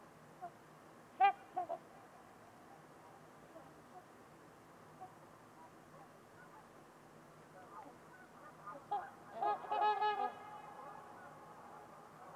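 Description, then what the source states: Trumpeter swan honking calls, a brief cluster near the start and a longer burst of overlapping honks later, over steady low background hiss. Trumpeter swans on a winter evening at Winters Lake in a deep, silent valley, with distant white noise.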